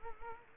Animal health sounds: mosquito wingbeat signal from an infrared sensor; Culex quinquefasciatus

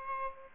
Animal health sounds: mosquito wingbeat signal from an infrared sensor; Aedes aegypti

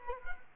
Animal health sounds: mosquito wingbeat signal from an infrared sensor; Culex quinquefasciatus

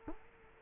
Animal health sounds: mosquito wingbeat signal from an infrared sensor; Culex quinquefasciatus

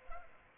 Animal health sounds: mosquito wingbeat signal from an infrared sensor; Culex pipiens

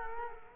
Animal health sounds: mosquito wingbeat signal from an infrared sensor; Culex quinquefasciatus

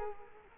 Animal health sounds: mosquito wingbeat signal from an infrared sensor; Culex quinquefasciatus

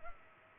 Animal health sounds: mosquito wingbeat signal from an infrared sensor; Culex pipiens

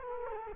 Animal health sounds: mosquito wingbeat signal from an infrared sensor; Culex quinquefasciatus

